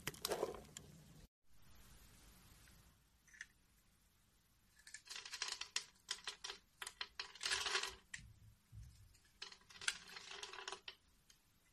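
Soap carving: a blade scraping and shaving across a bar in bursts of dry, bright scratching, with a brief cut to silence just after the first second. Quieter gaps come around two to five seconds, then denser runs of strokes follow, each lasting about a second.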